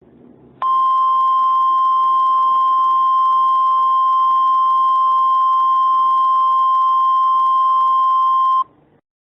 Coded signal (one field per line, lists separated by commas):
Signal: Emergency Alert System (SAME) tones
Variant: 1050 Hz attention tone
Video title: Angry EAS Edition: A Fallen Marriage